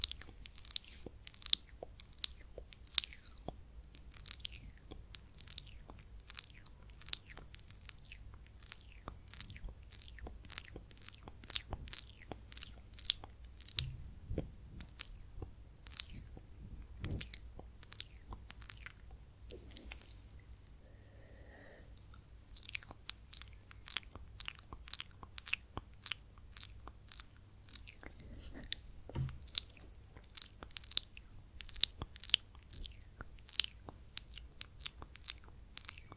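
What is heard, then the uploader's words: Wet mouth sounds click and smack in quick, irregular bursts, crisp and bright against a quiet low hum. The clicks thin out around the twenty-second mark, where a soft hushed movement passes, then the dense smacking returns and continues to the end. Tingly Mouth Sounds & Lipgloss Application.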